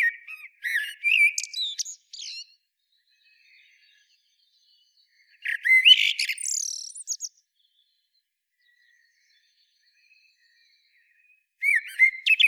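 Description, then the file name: Eurasian blackbird song: two phrases, each a low fluted warble moving quickly into a high squeaky twitter, with several seconds of quiet between them, then the start of a third. "Turdus merula"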